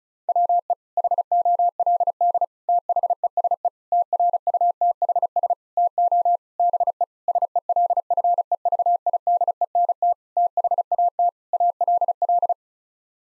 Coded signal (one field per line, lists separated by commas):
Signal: Morse code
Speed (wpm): 34 wpm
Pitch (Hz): 700 Hz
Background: none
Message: WE HOLD THESE TRUTHS TO BE SELFEVIDENT THAT ALL